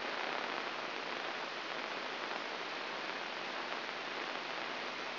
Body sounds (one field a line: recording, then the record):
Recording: brain microelectrode recording played as sound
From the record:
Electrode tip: inside the subthalamic nucleus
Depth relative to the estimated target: -0.5 mm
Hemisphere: left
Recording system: AlphaMap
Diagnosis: Parkinson's disease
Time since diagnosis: 8 years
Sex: male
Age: 59 years